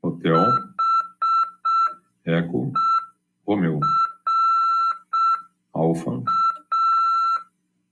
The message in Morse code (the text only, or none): HERA